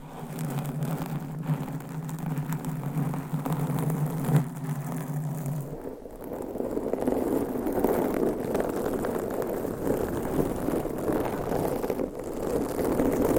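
Microphone scratching fills the clip with a dense, rough rumble that sounds almost like an engine. For the first six seconds a steady low hum runs underneath; then the scratching turns busier and grittier, with quick uneven strokes continuing at a constant level to the end.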